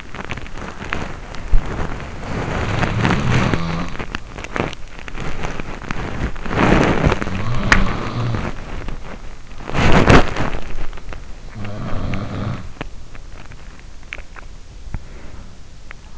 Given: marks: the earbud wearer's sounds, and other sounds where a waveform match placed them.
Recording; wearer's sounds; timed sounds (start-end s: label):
sounds in sleep by an in-ear microphone; body movement, teeth grinding
0.00-14.92 s: body movement
1.75-4.78 s: sound from someone else or the room
5.34-9.12 s: sound from someone else or the room
11.12-12.90 s: sound from someone else or the room
13.91-16.18 s: teeth grinding